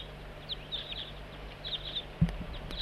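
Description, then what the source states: Crossbill flight calls: several short chirping notes in small clusters, fairly soft, with a low hum and a single thump near the end. A different crossbill flying over, on a hilltop near a decoy setup.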